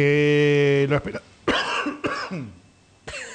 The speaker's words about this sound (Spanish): Y con tos.